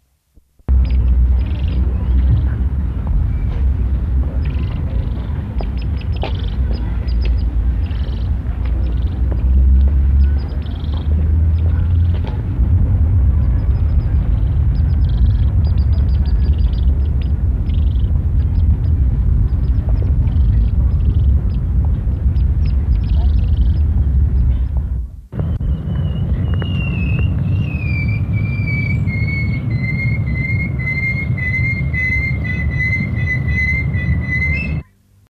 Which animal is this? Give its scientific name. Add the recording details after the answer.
Agelastes meleagrides. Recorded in captivity. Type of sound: call. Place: Zoo Frankfurt, Hessen, DE. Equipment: Halbspur, 9,5 cm/s. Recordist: Lütgens, Hans. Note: Rufe